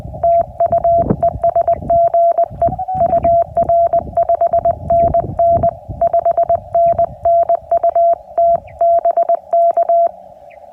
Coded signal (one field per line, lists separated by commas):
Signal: Morse code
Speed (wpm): 20 wpm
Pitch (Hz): 680 Hz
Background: none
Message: TU ES GE UR 5NN 5NN UT BK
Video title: CW POTA Activation US-11645